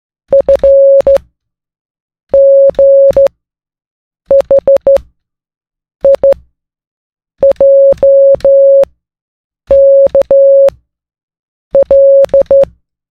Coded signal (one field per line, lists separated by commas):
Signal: Morse code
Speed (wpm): 14 wpm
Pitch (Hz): 550 Hz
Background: music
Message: F G H I J K L